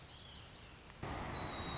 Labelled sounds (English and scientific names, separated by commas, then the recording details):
White-crowned Sparrow (Zonotrichia leucophrys)
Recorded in Sonoma County, California